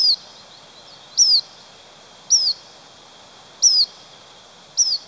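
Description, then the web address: Black phoebe call notes, crisp high downslurred chips repeated roughly every 1.2 seconds, five in all, with soft background hiss. Ecuador. "Birds of Ecuador. Black Phoebe"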